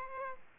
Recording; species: mosquito wingbeat signal from an infrared sensor; Aedes aegypti